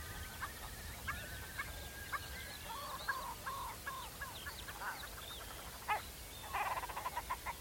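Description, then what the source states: Red grouse giving bursts of low stuttering notes, ending in a fast rattling run, with thin whistles in the background. Wild birds on open moorland, Dryburn Moor, North Pennines/Northumberland, early May 2022, in darkness at the start of a morning recording session; binaural recording.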